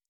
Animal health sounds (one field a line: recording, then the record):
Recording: hydrophone in a shrimp aquaculture tank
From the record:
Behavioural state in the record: normal